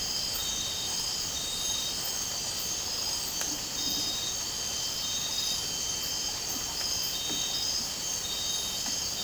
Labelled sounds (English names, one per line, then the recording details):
none
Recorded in dense forest near Puerto Asís, Putumayo, Colombia, on 12 March 2025 at 02:00
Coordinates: 0.467, -76.328
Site G041